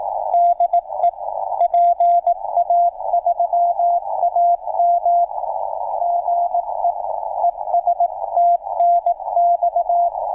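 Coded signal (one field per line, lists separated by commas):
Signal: Morse code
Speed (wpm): 18 wpm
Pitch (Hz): 690 Hz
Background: radio noise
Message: DE PA3AM GE ES TNX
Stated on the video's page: Live-streamed CW practice by an operator getting back into CW, prone to mixing up numbers.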